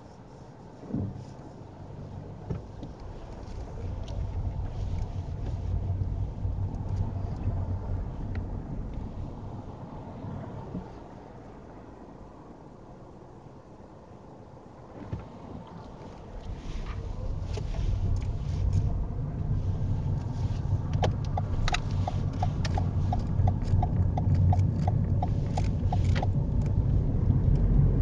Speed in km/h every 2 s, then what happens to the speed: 2, 8, 8, 3, 0, 0, 0, 3, 11, 15, 18, 19, 23, 29.
0-2 pulls away to 8. 2-7 slows to 0. 7-13 standing. 13-28 pulls away to 29.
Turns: 14-19.